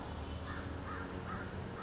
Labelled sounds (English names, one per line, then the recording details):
American Crow
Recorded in Sonoma County, California